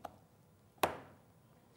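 The lid of a luxury earring presentation box is closed onto its base. After a faint tick at 0.1 s, it shuts with one sharp snap at 0.8 s that rings briefly and fades. The lid clicks into place and is seated.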